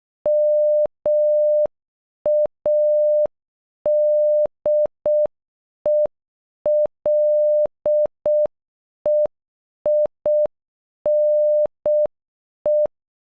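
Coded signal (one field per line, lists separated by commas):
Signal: Morse code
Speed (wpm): 12 wpm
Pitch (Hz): 600 Hz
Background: none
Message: MADELEINE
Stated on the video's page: The name sent in Morse at normal speed and at half speed.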